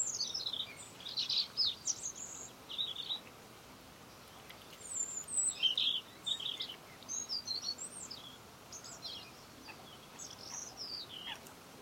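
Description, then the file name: European robin delivering a series of high, varied warbling phrases separated by short gaps, some notes sliding down in pitch. "Erithacus rubecula"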